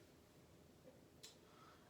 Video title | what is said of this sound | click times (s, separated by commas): Bowflex SelectTech 552 Dumbbells Review | but other times they don't like lock into place, so you really have to like press it down and then twist. | 1.2 s